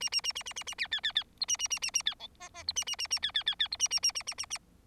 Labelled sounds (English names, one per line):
Bengalese Finch song